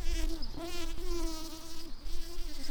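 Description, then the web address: Tree bumblebee buzzing, a steady hum with small wavers and dips in pitch, over low rumbling background noise. Workers. "bumblebees Hypnorum-workers"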